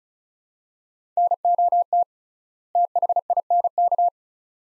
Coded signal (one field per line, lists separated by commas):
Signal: Morse code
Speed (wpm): 36 wpm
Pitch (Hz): 700 Hz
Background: none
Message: NOT THINK